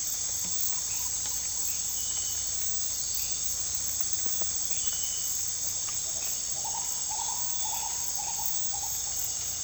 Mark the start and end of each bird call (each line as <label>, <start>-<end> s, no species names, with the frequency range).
bird call (0.3-1.2 kHz), 6.42-9.30 s